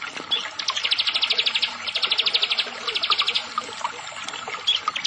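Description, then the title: Prinia song: two long, fast rattling trills of high clicky notes, followed by a few scattered chirps. "Ciblek Sawah"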